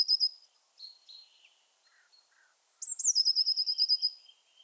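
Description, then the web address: Eurasian blue tit song: a thin high note dropping into a fast, evenly pulsed trill of about a dozen notes, with scattered soft chirps before it. "Aktivitetsbanken. Fuglelyder Blåmeis"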